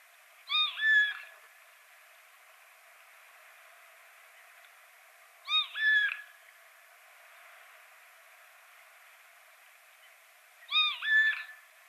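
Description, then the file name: Eurasian jay repeating a two-part tonal call, a short note then a longer flat one, three times about every five seconds, with steady hiss between calls. "Garrulus glandarius"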